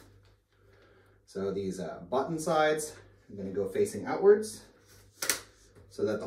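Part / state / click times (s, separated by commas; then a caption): bumper bar into stroller seat frame / seated / 5.2 s, 5.3 s. Someone talks while pushing the plastic bumper bar ends, button sides facing outwards, into the side sockets of a Silver Cross Clic stroller seat frame. A sharp double click sounds at 5.2 s and 5.3 s as the bumper bar snaps into its mounts and seats.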